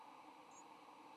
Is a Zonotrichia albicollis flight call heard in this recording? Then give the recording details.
no. Another species' flight call is heard. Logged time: 06:49 on 8 November 2014